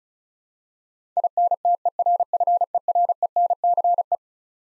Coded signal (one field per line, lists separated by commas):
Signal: Morse code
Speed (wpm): 36 wpm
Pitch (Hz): 700 Hz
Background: none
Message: INTERFERENCE